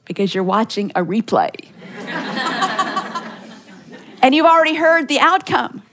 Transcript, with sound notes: Because you’re watching a replay. (laughter) You’ve already heard the outcome.